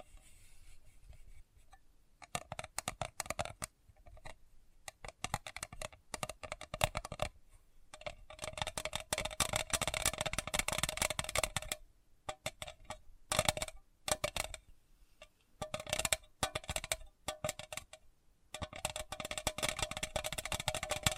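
Rapid, crisp tapping comes in dense bursts, sharp clicks crowding together like fingertips drumming or cards shuffling. The bursts start sparse, grow thicker through the middle, and break off with short silences around 8, 12, 14 and 18 seconds before resuming.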